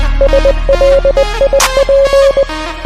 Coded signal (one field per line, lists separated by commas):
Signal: Morse code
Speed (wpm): 20 wpm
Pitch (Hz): 550 Hz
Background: music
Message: SLIP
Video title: I translated Head Up by The Score to morse code (DESC)